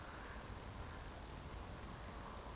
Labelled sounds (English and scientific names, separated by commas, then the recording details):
Eurasian Woodcock (Scolopax rusticola) whistle, Eurasian Woodcock (Scolopax rusticola) chase call
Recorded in Baden-Württemberg, Germany, on 15 June 2020 at 20:39 UTC
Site 14569, 102 m above sea level